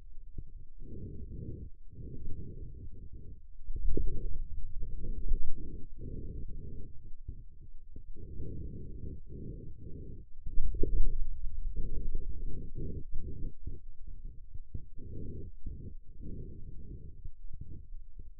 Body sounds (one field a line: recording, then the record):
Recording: forearm muscle sounds (acoustic myography)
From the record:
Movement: hand closing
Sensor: system 2, bracelet of six BSWA MPA416 microphones around the upper forearm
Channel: 6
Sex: male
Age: 22 years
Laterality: right